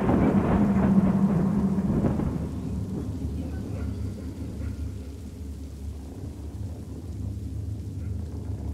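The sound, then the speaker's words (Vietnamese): Steady rain hisses on outside without pause, a soft even wash of drizzle layered over a low, rolling rumble that swells slightly in the first couple of seconds before settling. “Bên ngoài cơn mưa vẫn rả rích.”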